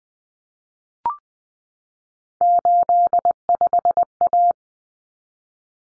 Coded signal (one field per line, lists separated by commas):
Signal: Morse code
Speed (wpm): 20 wpm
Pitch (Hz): 700 Hz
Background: none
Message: 85A